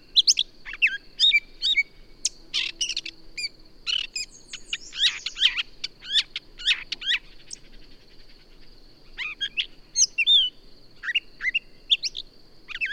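Birdsong, bursts of quick varied chirps and downslurred whistles tumbling together, pausing briefly near the middle, then resuming in a lively chattering run.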